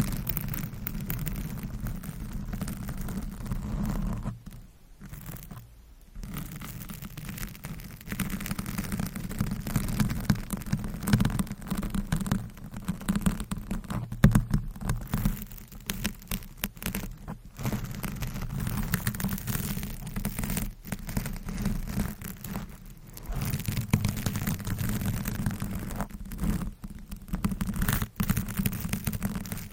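Scratching across a microphone, a dense, busy rasp with a heavy low rumble, briefly pausing around five and twenty seconds.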